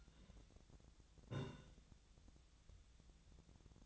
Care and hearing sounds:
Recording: daily activity, microphone in the room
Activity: take from stove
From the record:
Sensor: 3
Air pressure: 1010.0 hPa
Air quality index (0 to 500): 187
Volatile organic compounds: 14 ppm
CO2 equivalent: 2441 ppm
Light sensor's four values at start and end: 42/104/45/48 and 42/104/44/48

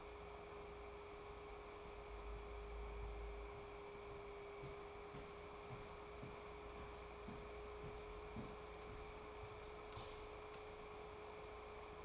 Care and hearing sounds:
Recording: daily activity, microphone in the room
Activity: walk to room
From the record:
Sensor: 1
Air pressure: 1010.5 hPa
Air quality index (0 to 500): 170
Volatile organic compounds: 12 ppm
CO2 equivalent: 2347 ppm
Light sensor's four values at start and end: 57/147/61/78 and 55/142/59/75

